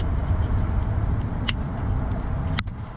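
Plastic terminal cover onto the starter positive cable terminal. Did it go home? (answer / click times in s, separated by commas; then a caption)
yes / 1.5 s, 2.6 s. A protective plastic cover is pushed over the positive cable terminal on the starter motor of a 2nd-generation Toyota Tacoma. Over a steady low rumble, two sharp clicks ring out at 1.5 s and 2.6 s. The cover snaps into place and is seated.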